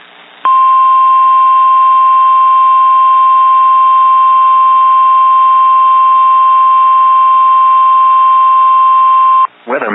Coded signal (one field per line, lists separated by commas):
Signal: Emergency Alert System (SAME) tones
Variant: 1050 Hz attention tone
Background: speech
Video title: Winter Storm Watch (EAS 278)